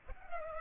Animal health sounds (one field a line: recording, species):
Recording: mosquito wingbeat signal from an infrared sensor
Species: Culex pipiens